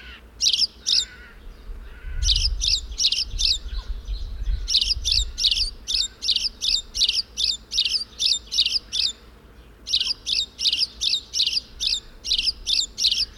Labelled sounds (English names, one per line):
Spanish Sparrow call